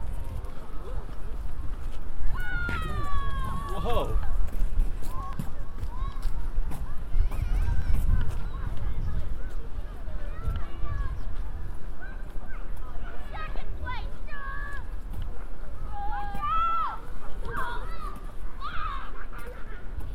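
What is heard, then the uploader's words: People talk and call out across a snowy park, with voices rising clearly around the fourth second and again from about 13 to 18 seconds. A steady low rumble runs underneath, with soft muffled thumps from movement. A binaural field recording of walking in Central Park after a snow storm. There are horses, families playing, people talking and eventually me walking in Strawberry Fields covered in 8 inches of snow. It was a windy day, so there is some wind noise.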